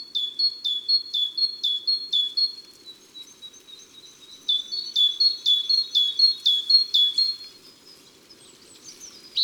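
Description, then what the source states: Great tit song: sharp two-note phrases repeated evenly about twice a second in two long runs. Recorded in January.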